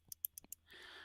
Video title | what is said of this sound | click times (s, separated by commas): E195 - Scientists Find a Way to Communicate With Dreaming People | you can hear the click | 0.2 s